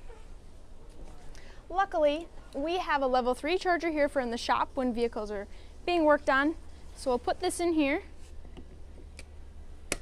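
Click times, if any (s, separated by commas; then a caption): 9.9 s. A Level 3 DC fast-charging connector is pushed into the charging port of an Audi e-tron GT in a shop while someone talks. Quieter taps and handling sounds come at 8.6 and 9.2 seconds. A sharp click at 9.9 seconds marks the connector latching into the port.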